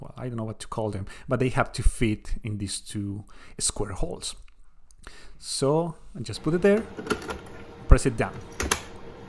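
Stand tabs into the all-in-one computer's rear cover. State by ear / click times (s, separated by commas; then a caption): seated / 8.7 s. The stand's two tabs are fitted into two square holes on the back cover of a Dell OptiPlex 9030 all-in-one PC and pressed down while someone talks. It locks into place with a sharp snap at 8.7 s, seating the stand.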